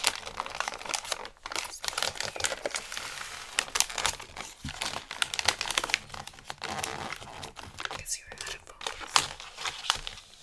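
Christmas gift wrapping with dense, continuous paper crinkling and rustling, bright and busy throughout. Frequent sharp crackles and quick tearing bursts punctuate the steady texture, with brief quieter gaps around two, four and eight seconds.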